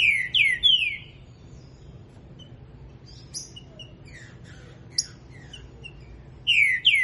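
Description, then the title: Green-winged saltator song opening and closing with loud falling whistles, separated by a stretch of faint, scattered chips and soft whistles. Singing while warming up. "Canto De Trinca Ferro Voz 07. Trinca ferro Rex esquentando"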